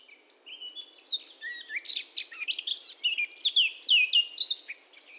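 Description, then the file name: Eurasian blackcap song, a sweet, varied warble of clear whistled and slurred notes, building in loudness through the middle of the phrase. "Sylvia atricapilla"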